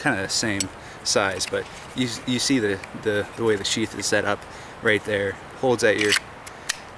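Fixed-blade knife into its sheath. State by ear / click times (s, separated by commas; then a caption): seated / 6.7 s. A small fixed-blade knife is pushed into its sheath, which holds it at the hip. Someone talks throughout, then a sharp click at 6.7 s as the knife snaps into the sheath and seats.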